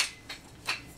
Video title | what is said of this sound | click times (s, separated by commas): Davis & Sanford Provista 7518Tripod Review | and locks in place. | 0.7 s